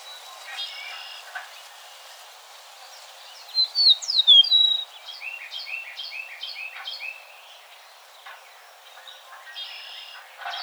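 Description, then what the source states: Eastern meadowlark calling: a bright burst of slurred, down-sweeping whistles, then a quicker series of short chattering notes, over steady background hiss. Recorded 2007-01-04.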